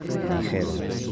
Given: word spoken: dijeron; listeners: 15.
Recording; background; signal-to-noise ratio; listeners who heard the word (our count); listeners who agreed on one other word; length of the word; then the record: one Spanish word in noise, from a listening test; eight-talker babble; -2.4 dB; 2 of 15; 6 of 15; 0.72 s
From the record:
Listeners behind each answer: 6, 2, 2, 1, 1, 1, 1, 1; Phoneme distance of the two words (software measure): 30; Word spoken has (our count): 3 syllables, 7 phonemes, stress on syllable 2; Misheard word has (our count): 3 syllables, 7 phonemes, stress on syllable 2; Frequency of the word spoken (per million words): 45.71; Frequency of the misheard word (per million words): 4.37